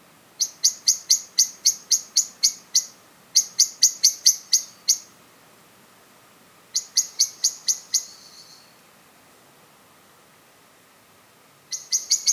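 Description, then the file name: Common blackbird giving bursts of rapid, clipped chink notes, separated by pauses. "Turdus merula"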